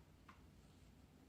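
A screw is turned backwards in a plastic screw hole of a battery pack housing so its thread can drop into the existing plastic thread instead of cutting a new one. Over a steady low background hum, a single brief soft tick is heard near 0.3 s as the screw is handled. The screw has not seated or clicked into the thread yet.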